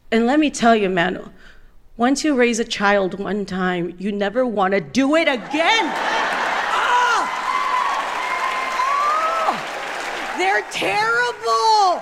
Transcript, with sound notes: And let me tell you, man, once you raise a child one time, you never want to do it again.
(CHEERING)
Ugh. They're terrible.